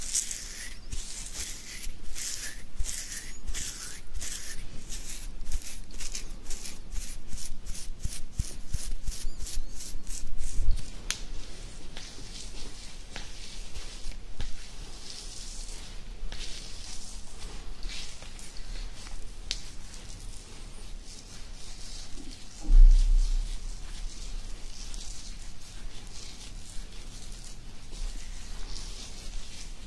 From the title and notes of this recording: ASMR INSANE BEARD SCRATCHING.